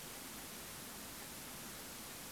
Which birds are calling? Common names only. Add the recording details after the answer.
none. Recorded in France